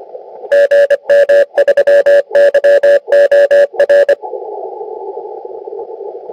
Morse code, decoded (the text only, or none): GM3YOR